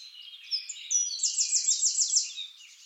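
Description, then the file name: Eurasian wren song fragment: thin high notes leading into a rapid, ringing trill of repeated sharp notes, about one second long. "Troglodytes troglodytes"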